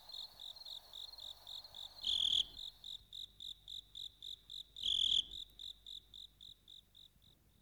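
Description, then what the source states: Crickets chirping in rapid, evenly spaced high pulses, broken twice by louder buzzy bursts. Recorded at night.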